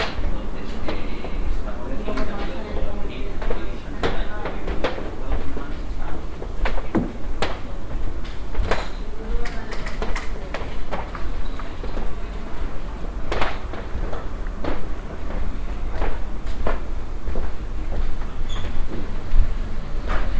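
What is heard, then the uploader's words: A walk through the spaces of a large art museum, filled with a steady murmur of many voices echoing off hard walls. Sharp knocks and clicks, like footsteps and handled objects, pop out irregularly throughout, over a low continuous rumble of the building. Museo Reina Sofía, Madrid. This piece was the result of an individual "sound drift" through different spaces of Madrid's Reina Sofía Museum.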